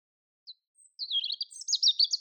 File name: Erithacus rubecula